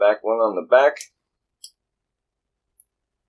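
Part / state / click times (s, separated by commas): back key section onto the three-piece key assembly / seated / 1.6 s, 2.8 s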